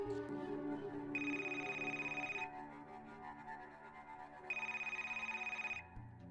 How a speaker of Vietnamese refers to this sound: Hai giờ 30 sáng, tiếng chuông điện thoại của Duy bất chợt vang lên. Duy ngay lập tức bật dậy với lấy điện thoại, bởi hình như đây chính là cuộc điện thoại mà Duy đang chờ đợi.